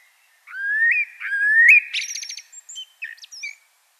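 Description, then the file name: Common blackbird singing: two smooth rising whistles, then a quick run of high buzzy notes and scattered thin squeaks. "Turdus merula"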